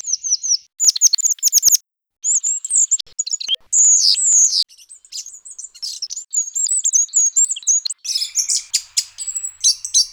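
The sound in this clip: Bird song of very high, thin whistles and rapid clicking trills, shifting in pitch, with brief gaps and a fuzzy burst near the end.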